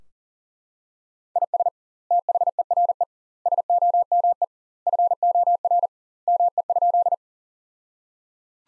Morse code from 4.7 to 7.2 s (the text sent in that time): FOR ME?